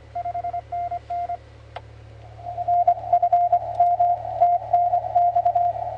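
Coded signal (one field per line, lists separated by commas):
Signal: Morse code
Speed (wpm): 25 wpm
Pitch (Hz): 700 Hz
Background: radio noise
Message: 5NN NFM TNX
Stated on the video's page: CW QSO from a mobile station on 30m, 10.123 MHz, working Italy and Russia.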